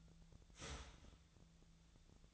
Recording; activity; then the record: daily activity, microphone in the room; start toaster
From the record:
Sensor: 3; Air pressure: 1009.2 hPa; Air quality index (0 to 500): 198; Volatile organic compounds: 16 ppm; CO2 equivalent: 2559 ppm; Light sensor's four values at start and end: 32/80/34/36 and 32/80/34/36